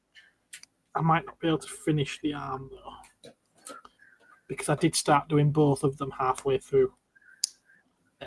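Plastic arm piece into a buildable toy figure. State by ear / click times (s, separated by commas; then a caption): seated / 7.4 s. A plastic arm piece is pushed into its socket on a buildable toy figure while someone talks. A single loud, sharp snap at 7.4 seconds marks the part clicking home, and it is seated.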